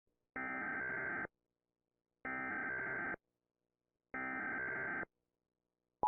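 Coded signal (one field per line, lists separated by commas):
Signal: Emergency Alert System (SAME) tones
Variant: header bursts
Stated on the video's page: Fictional creepypasta recreation of an EAS alarm broadcast.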